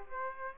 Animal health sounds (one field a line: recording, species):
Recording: mosquito wingbeat signal from an infrared sensor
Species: Aedes aegypti